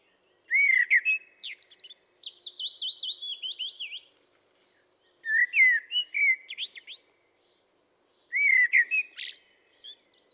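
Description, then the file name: Common blackbird song in three bursts: mellow whistled notes lead into a long run of high, chattering squeaks, the first burst lasting several seconds. "Turdus merula"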